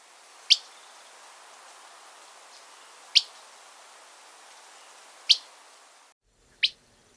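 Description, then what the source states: Willow Flycatcher whip calls: single sharp notes about every two to three seconds over steady hiss, with one more note after a brief cut. Whip call, the most common call of this flycatcher.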